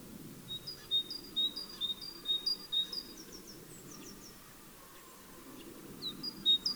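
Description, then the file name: Great tit song: a clear, high two-note phrase repeated quickly for about two and a half seconds, a pause, then a shorter burst of the same notes near the end. "Parus major"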